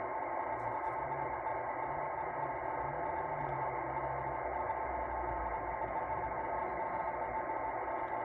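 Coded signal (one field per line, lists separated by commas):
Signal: NAVTEX (SITOR-B)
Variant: 100 baud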